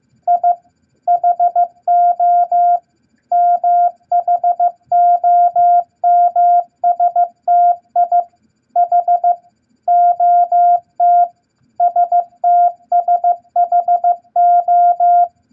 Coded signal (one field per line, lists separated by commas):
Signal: Morse code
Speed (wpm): 15 wpm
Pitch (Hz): 700 Hz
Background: none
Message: I HO MHOMSTI H OT STSHO